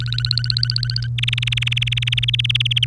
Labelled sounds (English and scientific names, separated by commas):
Domestic Canary (Serinus canaria) song